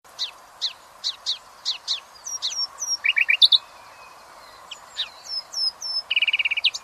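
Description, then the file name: Common nightingale song: repeated sharp notes, then a fast rattling burst, whistled slurs and a rapid buzzy trill near the end, with a low steady hum underneath. "Luscinia megarhynchos"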